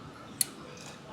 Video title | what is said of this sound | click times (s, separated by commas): Hidden Oil Leak! Loose Bolts! 5.3 Ls Engine VLOM | and I heard it click there we go | 0.4 s